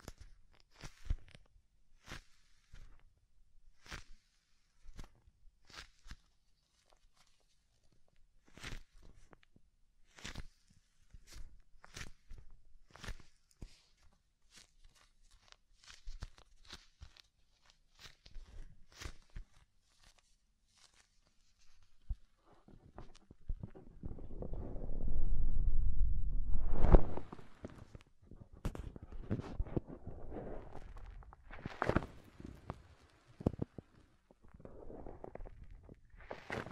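Soft, fluffy ASMR triggers made of short tapping and brushing sounds, coming in a fairly regular stream of crisp clicks through the first twenty seconds. Around 23–28 seconds a low, muffled rubbing swells up, much louder and deeper, before lighter scratchy touches return.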